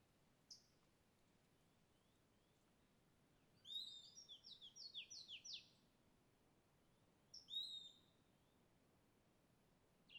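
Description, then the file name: Bird song: a quick run of high, slurred, falling notes, then a shorter burst a couple of seconds later over a steady low hiss. A single bird by a river in dense forest, recorded in the afternoon near Cavalcante. "Passaro isolado beira do rio mata fechada mosca tarde"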